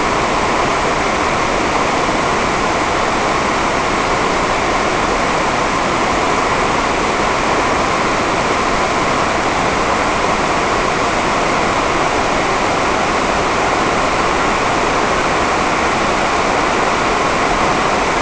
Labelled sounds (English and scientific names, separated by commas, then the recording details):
none
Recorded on Arctic tundra, site NAIT-1, on 28 June 2018
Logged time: 07:00